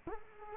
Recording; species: mosquito wingbeat signal from an infrared sensor; Culex quinquefasciatus